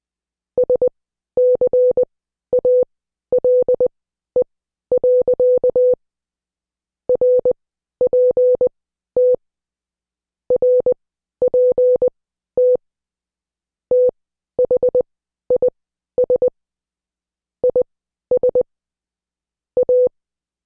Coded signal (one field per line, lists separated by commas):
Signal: Morse code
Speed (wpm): 20 wpm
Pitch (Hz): 500 Hz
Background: none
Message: SCALE. RPT RPT THIS IS A